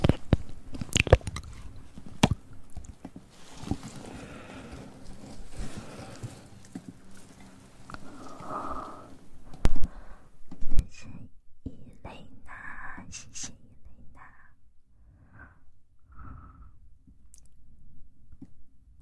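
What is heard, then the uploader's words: ASMR mouth sounds: wet clicks, pops and soft chewing-like squishes, dense and busy early, then sparser isolated smacks and brief tonal hums later. ASMR Mouth Sounds & Ear Play.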